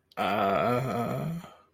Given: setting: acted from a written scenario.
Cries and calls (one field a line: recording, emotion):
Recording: vocal sound without words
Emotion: embarrassment